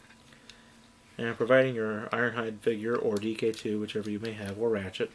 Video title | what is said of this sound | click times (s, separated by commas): Takara Diakron DK-2 Pre-Transformers (1983) | may take a little doing but you uh push that forward and it'll snap into place snugly | 0.5 s